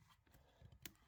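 A second power tool battery pack is pushed forcefully into the next slot of a 3D-printed PLA battery holder. A few dull knocks are heard, then a sharp click at 0.9 s as it seats.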